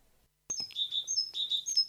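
Great tit song: after a short silence, a few phrases of high whistled notes, each dropping to a lower, longer note.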